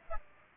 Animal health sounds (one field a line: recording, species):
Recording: mosquito wingbeat signal from an infrared sensor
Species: Aedes aegypti